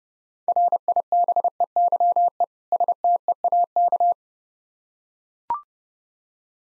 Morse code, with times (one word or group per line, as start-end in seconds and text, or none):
0.5-2.4 RIBEYE
2.7-4.1 STEAK